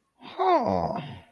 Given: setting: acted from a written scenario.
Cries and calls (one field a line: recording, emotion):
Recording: vocal sound without words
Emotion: interest